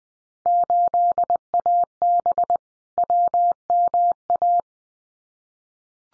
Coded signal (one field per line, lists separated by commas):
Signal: Morse code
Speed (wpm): 20 wpm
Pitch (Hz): 700 Hz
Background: none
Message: 8AB WMA